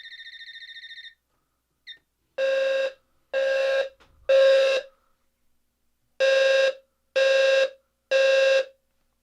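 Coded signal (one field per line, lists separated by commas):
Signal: alarm pattern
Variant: low-frequency sounder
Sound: low harsh buzzing horn: three half-second blasts, pause, three more blasts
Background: brief warbling tone at start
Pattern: temporal three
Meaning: Fire alarm evacuation signal: leave the building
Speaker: we're gonna bump this one down to temporal three there we're just gonna run it in a standard code three fashion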